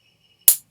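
The female end of an XLR cable is pushed one-handed into a microphone's male socket, with a faint tick at 0.4 s before a sharp, bright click at 0.5 s that decays quickly. The click is the release-button latch catching, confirming the connector is fully seated.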